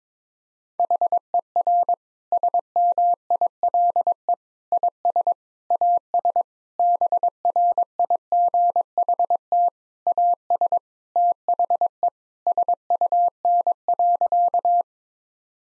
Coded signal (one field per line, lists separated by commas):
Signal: Morse code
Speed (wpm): 22 wpm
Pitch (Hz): 700 Hz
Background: none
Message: HER SMILE IS AS BRIGHT AS THE SUN.